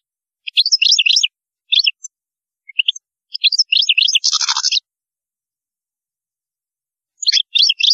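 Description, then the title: European goldfinch song: quick liquid twittering runs with a harsh buzzy rattle midway, then a pause before another twittered phrase. "Chant Chardonneret"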